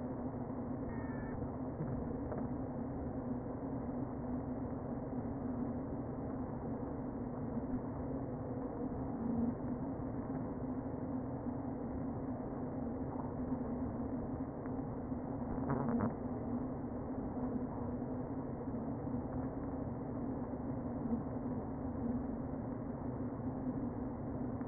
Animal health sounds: honeybee colony, microphone inside the hive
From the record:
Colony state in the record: queen present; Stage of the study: before two queens were removed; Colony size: about 60,000 bees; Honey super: yes

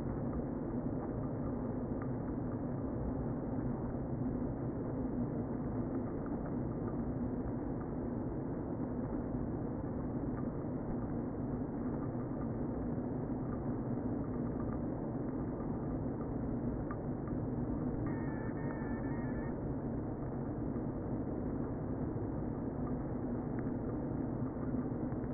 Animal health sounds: honeybee colony, microphone inside the hive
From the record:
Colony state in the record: queen present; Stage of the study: before two queens were removed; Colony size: about 60,000 bees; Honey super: yes

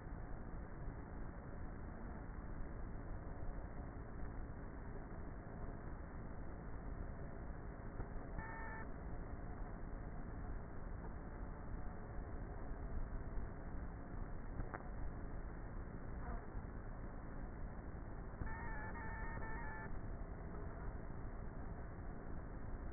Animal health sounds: honeybee colony, microphone inside the hive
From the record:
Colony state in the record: queenless with a low population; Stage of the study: before two queens were removed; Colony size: about 30,000 bees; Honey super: no

